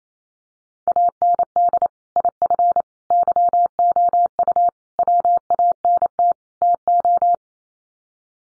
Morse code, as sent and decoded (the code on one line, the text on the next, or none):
.- -. -.. / .. ..-. / -.-- --- ..- / .-- .- -. - / - ---
AND IF YOU WANT TO